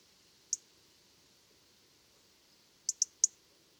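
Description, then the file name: European robin calls, a lone sharp tick followed after a gap by a rapid run of three high clicks. "Erithacus rubecula"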